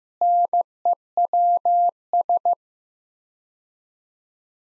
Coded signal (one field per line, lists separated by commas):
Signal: Morse code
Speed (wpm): 15 wpm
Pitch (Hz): 700 Hz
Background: none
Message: NEWS